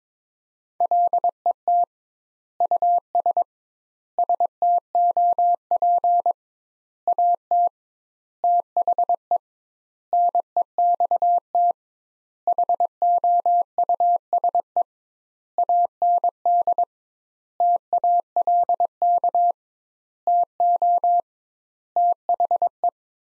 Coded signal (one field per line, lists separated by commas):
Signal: Morse code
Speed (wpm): 22 wpm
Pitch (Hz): 700 Hz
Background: none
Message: LET US STOP AT THE NEXT HOUSE AND TALK TO THE